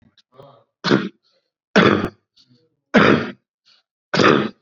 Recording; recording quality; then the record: shallow voluntary cough; excellent, no background noise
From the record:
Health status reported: COVID-19 positive, mild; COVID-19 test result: positive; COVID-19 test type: RT-PCR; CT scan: not taken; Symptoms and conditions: cough, sore throat, fever, fatigue, muscle pain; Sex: male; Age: 55 years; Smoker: no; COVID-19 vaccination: both doses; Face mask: not worn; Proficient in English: yes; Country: India